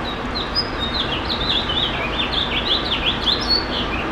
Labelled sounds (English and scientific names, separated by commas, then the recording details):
House Finch (Haemorhous mexicanus) song
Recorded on Long Island, New York, on 7 June 2012
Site GP
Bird A